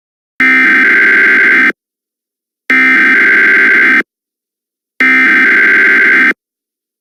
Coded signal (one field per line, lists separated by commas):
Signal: Emergency Alert System (SAME) tones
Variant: header bursts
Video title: EAS Scenario: Under the Moon's Light Part 2